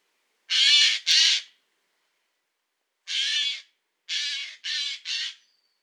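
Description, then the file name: Eurasian jay calling with hoarse, tearing screeches: a quick pair, a pause, then a single call and a run of three. "Garrulus glandarius"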